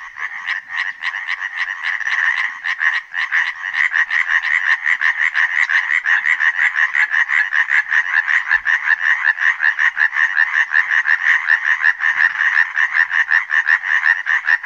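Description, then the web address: European tree frog calling: loud, rapid rattling trill of pulses, continuing for about fifteen seconds. A high, drawn-out trill, the loudest voice among native amphibians; amplified by large throat resonators, audible several kilometres away; calling from dusk through the whole night. "Przyroda Tajemnice puszczy Rzekotka drzewna"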